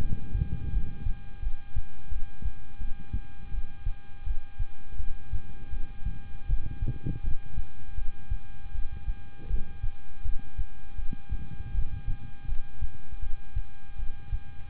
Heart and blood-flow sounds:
heart sounds by stethoscope; between the tricuspid and mitral areas; 81 bpm
0.70 s: heartbeat
1.40 s: heartbeat
2.09 s: heartbeat
2.78 s: heartbeat
3.51 s: heartbeat
4.24 s: heartbeat
4.97 s: heartbeat
5.70 s: heartbeat
6.46 s: heartbeat
7.21 s: heartbeat
7.95 s: heartbeat
8.72 s: heartbeat
9.47 s: heartbeat
10.22 s: heartbeat
10.96 s: heartbeat
11.72 s: heartbeat
12.46 s: heartbeat
13.20 s: heartbeat
13.96 s: heartbeat
From the record:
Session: rest, lying down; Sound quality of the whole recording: good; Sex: male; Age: 26 years

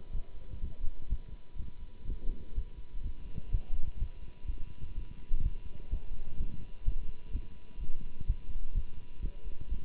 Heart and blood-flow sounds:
heart sounds by stethoscope; between the tricuspid and mitral areas; 125 bpm
0.11 s: heartbeat
0.60 s: heartbeat
1.08 s: heartbeat
1.57 s: heartbeat
2.06 s: heartbeat
2.54 s: heartbeat
3.02 s: heartbeat
3.50 s: heartbeat
3.98 s: heartbeat
4.46 s: heartbeat
4.94 s: heartbeat
5.42 s: heartbeat
5.89 s: heartbeat
6.37 s: heartbeat
6.84 s: heartbeat
7.32 s: heartbeat
7.79 s: heartbeat
8.26 s: heartbeat
8.73 s: heartbeat
9.21 s: heartbeat
9.69 s: heartbeat
From the record:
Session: Bruce protocol treadmill stress test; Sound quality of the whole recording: good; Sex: male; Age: 24 years

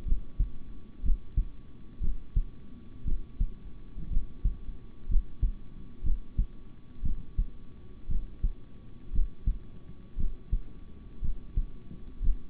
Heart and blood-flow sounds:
heart sounds by stethoscope; between the tricuspid and mitral areas; 59 bpm
0.04 s: heartbeat
1.02 s: heartbeat
2.00 s: heartbeat
3.04 s: heartbeat
4.09 s: heartbeat
5.08 s: heartbeat
6.03 s: heartbeat
7.02 s: heartbeat
8.08 s: heartbeat
9.12 s: heartbeat
10.16 s: heartbeat
11.21 s: heartbeat
12.21 s: heartbeat
From the record:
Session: rest, sitting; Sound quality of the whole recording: good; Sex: male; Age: 26 years

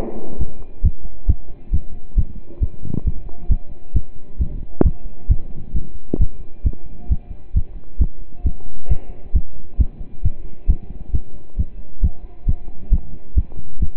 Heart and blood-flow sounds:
heart sounds by stethoscope; between the tricuspid and mitral areas; 134 bpm
0.39 s: heartbeat
0.83 s: heartbeat
1.28 s: heartbeat
1.72 s: heartbeat
2.17 s: heartbeat
2.61 s: heartbeat
3.05 s: heartbeat
3.50 s: heartbeat
3.95 s: heartbeat
4.39 s: heartbeat
4.84 s: heartbeat
5.29 s: heartbeat
5.74 s: heartbeat
6.19 s: heartbeat
6.65 s: heartbeat
7.10 s: heartbeat
7.55 s: heartbeat
8.00 s: heartbeat
8.45 s: heartbeat
8.89 s: heartbeat
9.34 s: heartbeat
9.79 s: heartbeat
10.23 s: heartbeat
10.68 s: heartbeat
11.13 s: heartbeat
11.58 s: heartbeat
12.02 s: heartbeat
12.47 s: heartbeat
12.92 s: heartbeat
13.36 s: heartbeat
13.80 s: heartbeat
From the record:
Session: pedaling a stationary bicycle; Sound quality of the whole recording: partially saturated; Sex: male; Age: 27 years

